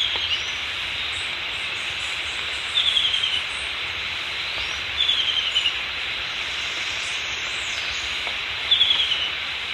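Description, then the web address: Yellow-breasted antwren giving short, quick, falling note series at irregular intervals of two to four seconds, against a constant high buzzing background. Recorded in Ecuador. "Birds of Ecuador 2. Yellow-Breasted Antwren"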